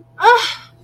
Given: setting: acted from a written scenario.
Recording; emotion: vocal sound without words; disappointment